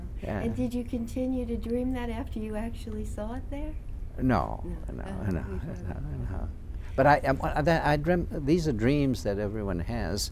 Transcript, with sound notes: And did you continue to dream that after you actually saw it there?
No, no. ( he laughs ) No. But I dreamt, these are dreams that everyone has